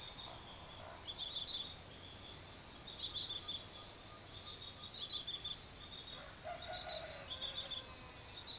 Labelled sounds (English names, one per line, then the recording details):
none
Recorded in forest near Pivijay, Magdalena, Colombia, on 15 April 2023 at 04:30
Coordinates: 10.467, -74.380
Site Z5-G034